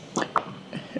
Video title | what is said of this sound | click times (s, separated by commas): How to Change the Blade on Milwaukees Track Saw | and that should also click into place when it's in the right spot | 0.4 s